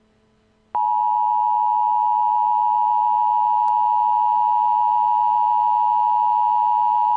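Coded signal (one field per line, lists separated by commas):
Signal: Emergency Alert System (SAME) tones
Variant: 853 and 960 Hz attention tone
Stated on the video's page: Mock severe thunderstorm warning EAS, not a real alert.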